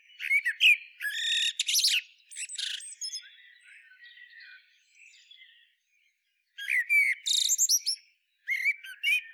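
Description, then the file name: Common blackbird giving clustered bursts of chirps and high squeaky twitters, with brief silences between the later groups. "Turdus merula"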